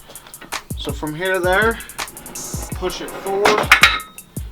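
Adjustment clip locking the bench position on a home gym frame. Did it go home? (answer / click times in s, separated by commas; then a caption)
yes / 3.8 s. Someone talks over background music while a Bowflex home gym bench is pushed forward and its metal adjustment clip is engaged to lock the incline/decline position on the home gym frame. A loud, sharp hit at 3.8 s marks the clip snapping in. The bench position is seated and locked, and it is checked to make sure it is stable.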